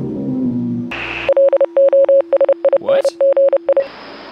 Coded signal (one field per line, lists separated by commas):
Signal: Morse code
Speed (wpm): 30 wpm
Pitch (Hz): 550 Hz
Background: speech, radio noise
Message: LOSING I